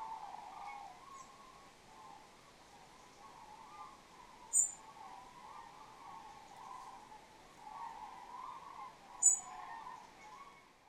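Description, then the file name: European robin giving two sharp, very high ticking calls about five seconds apart, over steady background noise. "Erithacus rubecula"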